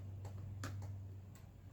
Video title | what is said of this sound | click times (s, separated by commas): Who is running the lightest trigger. Grandfather VS Grandson | on these rifles, you set the rear trigger. So you pull it back till it clicks, | 0.6 s